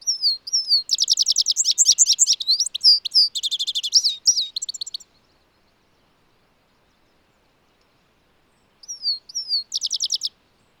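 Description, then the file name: European goldfinch twittering: fast chains of high, bright notes mixed with slurred whistles, a long silence, then a short renewed burst. "Carduelis carduelis"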